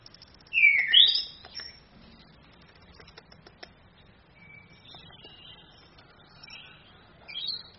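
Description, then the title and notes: Orange-headed thrush song opens with a loud, swooping whistled phrase, followed by softer scattered twittering notes and a short phrase near the end. Female; used as a tutor recording to train other songbirds. "ANIS KEMBANG BETINA CAS DENGAN LAYAR HP. Masteran Anis Kembang"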